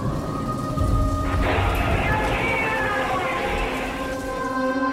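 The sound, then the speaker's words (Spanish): A steady, loud hiss of stormy rain from an approaching storm as the weather changes runs throughout with a deep rolling rumble underneath, while sustained wavering tones drift over the downpour. “Oye, está cambiando el tiempo. Se avecina una tormenta.”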